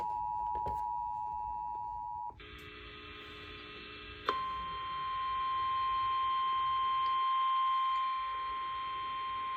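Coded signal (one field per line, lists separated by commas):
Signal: Emergency Alert System (SAME) tones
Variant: 853 and 960 Hz attention tone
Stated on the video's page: Severe Thunderstorm Warnings and Watch received on a radio station's EAS during an Enhanced Risk severe weather event.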